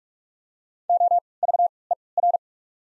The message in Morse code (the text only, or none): O V E R